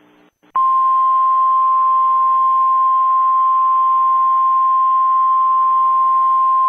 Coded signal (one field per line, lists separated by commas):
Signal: Emergency Alert System (SAME) tones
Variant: 1050 Hz attention tone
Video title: EAS Mock - Black Sunday Happens Again